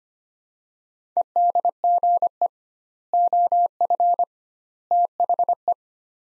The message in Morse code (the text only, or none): EDGE OF THE